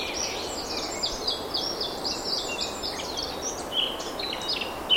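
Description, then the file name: Eurasian blackcap warbling song, a steady stream of fast scratchy notes with a few clearer whistles near the end, over persistent background noise. "Sylvia atricapilla"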